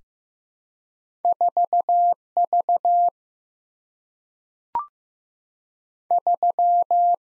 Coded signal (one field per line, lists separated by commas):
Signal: Morse code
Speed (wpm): 15 wpm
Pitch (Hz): 700 Hz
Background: none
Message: 4V 3